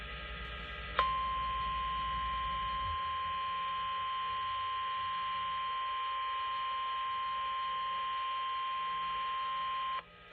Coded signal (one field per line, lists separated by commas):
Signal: Emergency Alert System (SAME) tones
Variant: 1050 Hz attention tone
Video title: (EAS #2,157 - #2,190) POTTAWATTAMIE GETS A WHOOPING - EAS Alerts from 4/23/25 - 4/24/25